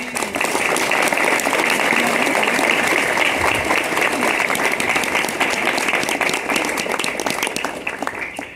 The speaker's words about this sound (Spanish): todos los devotos que han hecho ese trabajo del inicio hasta el momento, ahora a ellos les damos un gran aplauso.